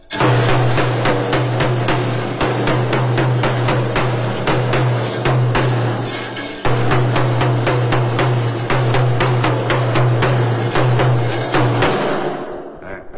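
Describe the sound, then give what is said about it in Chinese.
A cone-drum beat pattern played on a Jingxi Taiping drum, struck while its rings are shaken: quick, steady strikes with a bright rattle over a constant low hum, briefly pausing midway, then resuming before stopping. “圆鼓拉抽屉，完了还有一个锥鼓鼓点。”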